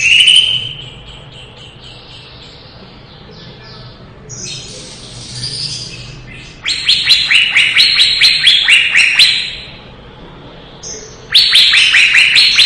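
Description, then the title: Leafbird song: high whistled notes and softer warbles, then a fast series of loud staccato chirps, then a final rich chattering phrase. Cucak ijo singing in lively gacor style; 2017. "Suara Burung Cucak Ijo Gacor, 2017"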